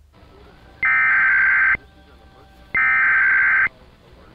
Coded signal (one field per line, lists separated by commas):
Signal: Emergency Alert System (SAME) tones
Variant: header bursts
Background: speech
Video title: EAS 16: Georgia CAE (Amber Alert)